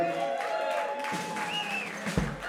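An audience claps steadily for a couple of seconds, a dense, even wash of applause with a few faint tonal cheers or whistles riding over it and a soft thump near the end.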